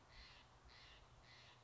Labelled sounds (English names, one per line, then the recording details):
Steller's Jay
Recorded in Sonoma County, California